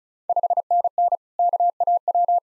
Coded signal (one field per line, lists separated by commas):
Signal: Morse code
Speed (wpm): 36 wpm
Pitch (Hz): 700 Hz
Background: none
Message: 5NN KAW